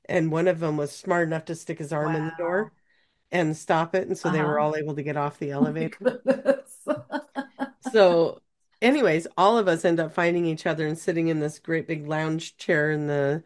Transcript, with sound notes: And one of them was smart enough to stick his arm in the door-
Wow.
... and stop it.
Uh-huh.
And so they were all able to get off the elevator.
(laughs)
So, anyways, all of us end up finding each other and sitting in this great big lounge chair in